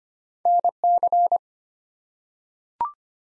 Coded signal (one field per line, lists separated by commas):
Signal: Morse code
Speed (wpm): 25 wpm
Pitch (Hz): 700 Hz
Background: none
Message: N C